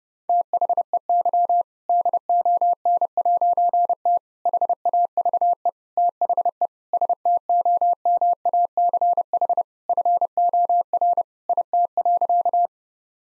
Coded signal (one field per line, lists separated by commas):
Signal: Morse code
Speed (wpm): 28 wpm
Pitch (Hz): 700 Hz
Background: none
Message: THEY DON'T HAVE THE STOMACH FOR IT.